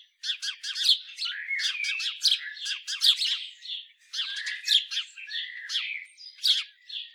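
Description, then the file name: House sparrow chirps in a busy, overlapping stream of harsh, clipped notes, with a few louder peaks and a short lull near the middle. "Passer domesticus"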